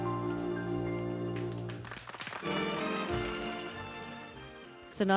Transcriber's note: soundbite of applause